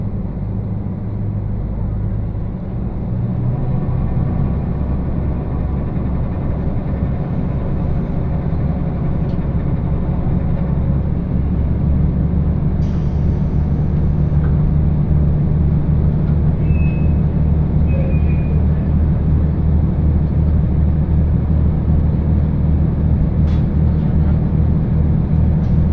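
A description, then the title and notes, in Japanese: A trolley train runs along, its low engine drone and wheel rumble steady throughout and growing slightly louder after about thirteen seconds. A few faint clicks and knocks punctuate the ride, and brief high chirps appear near the eighteen-second mark. 耳で楽しむ鉄道旅 徳島線 藍よしのがわトロッコ 貞光→学。トロッコ車両に乗っていましたが、意外に風が冷たく感じるので普通車のほうに避難してきました。こちらのほうが静かでしたので、半分寝ながら移動していました。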